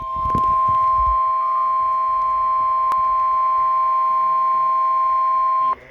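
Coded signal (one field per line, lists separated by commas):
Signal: Emergency Alert System (SAME) tones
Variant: 1050 Hz attention tone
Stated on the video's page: Real Severe Thunderstorm Warning received on weather radio.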